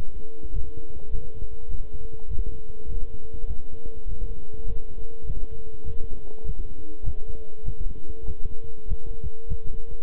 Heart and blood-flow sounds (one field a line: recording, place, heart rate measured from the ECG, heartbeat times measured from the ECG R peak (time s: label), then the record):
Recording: heart sounds by stethoscope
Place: between the tricuspid and mitral areas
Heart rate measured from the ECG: 101 bpm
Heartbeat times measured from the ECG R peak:
0.51 s: heartbeat
1.10 s: heartbeat
1.68 s: heartbeat
2.28 s: heartbeat
2.87 s: heartbeat
3.46 s: heartbeat
4.06 s: heartbeat
4.64 s: heartbeat
5.25 s: heartbeat
5.84 s: heartbeat
6.44 s: heartbeat
7.02 s: heartbeat
7.63 s: heartbeat
8.25 s: heartbeat
8.86 s: heartbeat
9.47 s: heartbeat
From the record:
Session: walking at 3.7 km/h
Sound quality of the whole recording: good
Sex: male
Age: 26 years